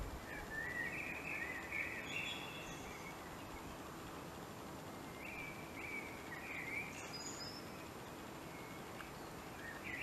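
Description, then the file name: Common blackbird song, faint mellow whistled phrases rising and falling, a longer phrase early then scattered shorter ones, with constant hiss behind. "Turdus merula"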